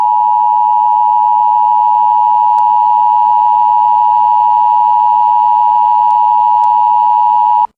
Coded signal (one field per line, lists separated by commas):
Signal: Emergency Alert System (SAME) tones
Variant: 853 and 960 Hz attention tone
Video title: EAS Scenario - Negative Lightning